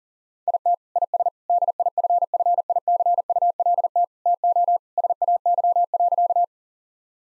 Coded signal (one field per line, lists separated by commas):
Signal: Morse code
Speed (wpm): 40 wpm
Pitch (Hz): 700 Hz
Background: none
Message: IT IS DIFFICULT TO SAY.